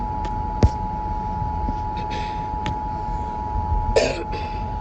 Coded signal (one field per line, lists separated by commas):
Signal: Emergency Alert System (SAME) tones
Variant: 853 and 960 Hz attention tone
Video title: Severe Thunderstorm Warning [EAS #315]